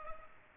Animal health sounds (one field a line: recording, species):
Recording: mosquito wingbeat signal from an infrared sensor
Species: Culex pipiens